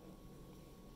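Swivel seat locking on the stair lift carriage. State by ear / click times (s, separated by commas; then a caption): not seated / none. A stair lift chair's swivel seat is turned back from facing away from the stairs toward its riding position on the carriage. Over a steady low hum and noise, the swivel lock has not seated or clicked yet.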